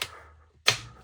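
The last plastic latch of a Dyson V10 vacuum's dust bin housing is pressed into its slot again after a failed attempt. A lighter tick at 0.0 s is followed by near-silence, then the latch snaps home with a sharp, loud click at 0.7 s, confirming it is seated.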